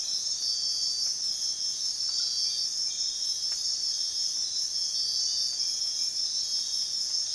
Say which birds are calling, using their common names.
none